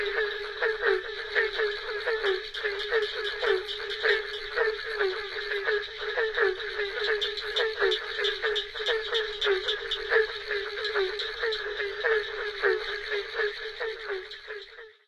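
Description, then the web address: Barking treefrogs calling together in a dense chorus, overlapping hollow barks tumbling over one another without pause. Recorded in North America. "Songs of Frogs Toads of North America 02-Barking Treefrog"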